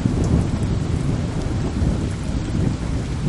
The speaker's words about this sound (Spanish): Luego empezó a llover.